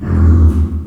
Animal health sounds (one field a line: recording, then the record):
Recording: squeal of a Yucatan mini pig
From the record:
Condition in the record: after surgery on the right vocal fold (resection and tissue-engineered implant)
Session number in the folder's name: 17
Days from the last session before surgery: 195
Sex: female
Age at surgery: 19 weeks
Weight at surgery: 25 kg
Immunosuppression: prednisolone